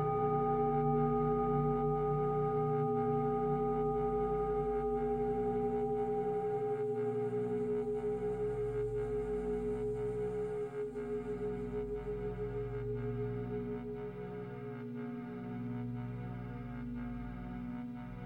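Tibetan singing bowls resonate in a steady, layered drone of sustained ringing tones, low hum beneath, slowly pulsing and fading slightly toward the end.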